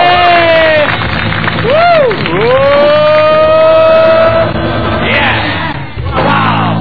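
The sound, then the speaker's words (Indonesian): A large crowd cheers loudly and steadily, with rising and falling whoops and whistles over a dense roar of clapping and voices that never lets up. “Udah kemahalan kita enggak enak, jadi ya udah kita tepuk tangan doang, Bapak.”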